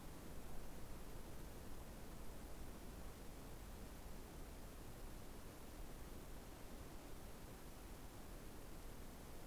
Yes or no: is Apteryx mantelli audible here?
no